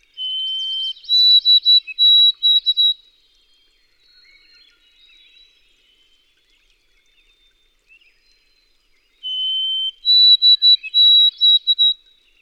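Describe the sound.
White-throated sparrow song, twice: a long clear whistled note followed by a higher series of short repeated whistles, separated by a quiet pause with faint bird sounds.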